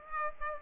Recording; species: mosquito wingbeat signal from an infrared sensor; Aedes aegypti